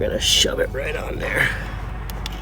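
Someone talks while a power steering pulley, with the belt wrapped around it, is being shoved onto the pump shaft of a 1992-1996 Honda Prelude. Two short, sharp ticks sound near the end at about 2.1 and 2.3 seconds. The pulley has not seated or clicked on yet.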